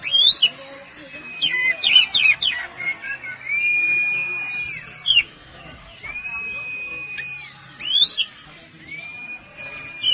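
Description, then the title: Oriental magpie-robin singing varied rich whistles and quick chattering notes, with several long, level whistled tones held about one and a half seconds each between the phrases. "Kacer"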